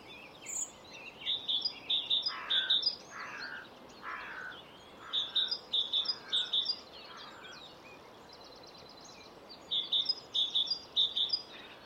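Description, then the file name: Great tit repeating bright two-note phrases in several bouts, mixed with rough, lower squawks from another bird and faint twittering behind. "Parus major"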